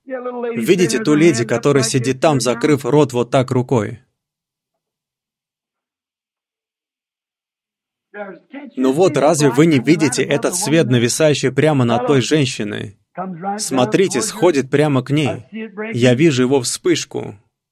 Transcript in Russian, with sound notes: Видите ту леди, которая сидит там, закрыв рот вот так рукой? [Брат Бранхам делает паузу—Ред.] Ну вот, разве вы не видите этот Свет, нависающий прямо над той женщиной? Смотрите, сходит прямо к ней, я вижу Его вспышку.